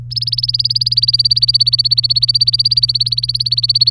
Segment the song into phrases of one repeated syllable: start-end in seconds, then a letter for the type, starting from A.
0.11-3.90 A